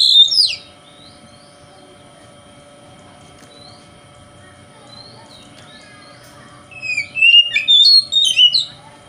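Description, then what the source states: Oriental magpie-robin gives a brief whistled phrase, long near-silence with faint soft notes follows, then an energetic burst of high, jumbled whistles. Kacer singing in the konslet style, said to provoke other kacer.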